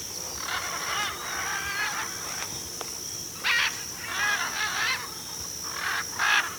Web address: Natures Songs S America Birds of Ecuador Military Macaw